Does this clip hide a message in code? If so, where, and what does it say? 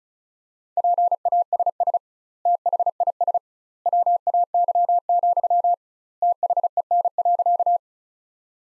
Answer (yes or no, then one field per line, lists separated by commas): yes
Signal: Morse code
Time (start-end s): 0.8-7.8 s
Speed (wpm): 34 wpm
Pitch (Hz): 700 Hz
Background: none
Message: PASS THIS WAY, THEN.